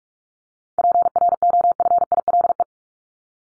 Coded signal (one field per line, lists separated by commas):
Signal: Morse code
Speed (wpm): 44 wpm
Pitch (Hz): 700 Hz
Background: none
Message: PROFILE